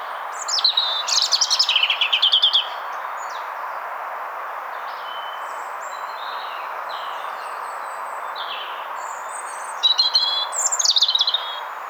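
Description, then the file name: European robin song: a rippling high warbled phrase opening, a long gap with faint notes, then another burst of high thin trills near the end. "Erithacus rubecula"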